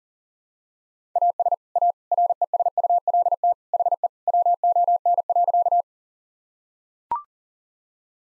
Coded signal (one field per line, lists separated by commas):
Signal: Morse code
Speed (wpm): 40 wpm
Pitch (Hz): 700 Hz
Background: none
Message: AS A RESULT HE WON.